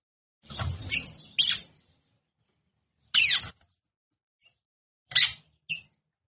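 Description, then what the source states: Red-cowled cardinal giving short, sharp high chirps in a quick cluster, then a single note and a final pair after pauses, with low thumping noises under each call. Female; behaviour described in Portuguese as "batendo fogo".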